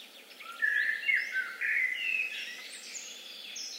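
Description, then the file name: Eurasian blackbird song: a mellow, fluting warbled phrase with wavering notes, fading into a thin high twitter. "Turdus merula"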